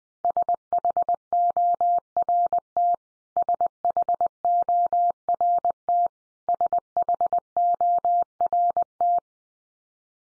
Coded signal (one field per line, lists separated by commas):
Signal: Morse code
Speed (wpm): 19 wpm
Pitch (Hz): 700 Hz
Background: none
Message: SHORT SHORT SHORT